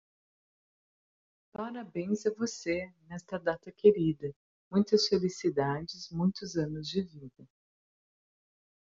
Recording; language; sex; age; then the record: short text; Brazilian Portuguese; female; 40 to 49 years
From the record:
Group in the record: control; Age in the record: 40 years